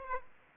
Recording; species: mosquito wingbeat signal from an infrared sensor; Aedes aegypti